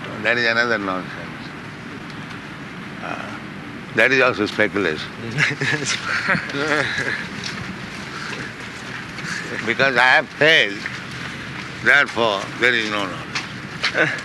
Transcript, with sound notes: That is another nonsense. That is also speculation. [laughter] "Because I have failed, therefore there is no knowledge."